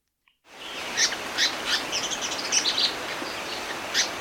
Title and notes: Mascarene Paradise-Flycatcher. Cedric Mroczko